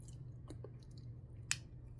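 The second strap piece of a 40 mm Galaxy Watch 8 is fitted into the opposite lug of the smartwatch case. A faint tick at 0.5 s precedes a sharp, bright snap at 1.5 s as the strap seats in the lug.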